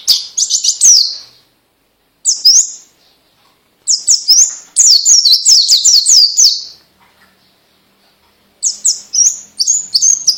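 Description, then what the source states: White-eye song in several bursts of rapid, high, downslurred twittering notes separated by short pauses. Song style given the local names ngalas and ngeroll.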